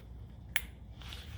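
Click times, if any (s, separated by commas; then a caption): 0.6 s. A fuel line quick-connect fitting on a 1996 Jeep Grand Cherokee ZJ is pushed onto the nipple of a new inline fuel filter and snaps on with one sharp click at 0.6 s, followed by fainter ticks around 1.0 and 1.1 s. The fitting is seated on the filter.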